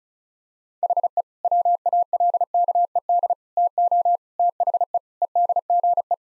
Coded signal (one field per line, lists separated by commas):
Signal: Morse code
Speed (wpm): 34 wpm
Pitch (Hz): 700 Hz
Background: none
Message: HE WALKED TO THE EDGE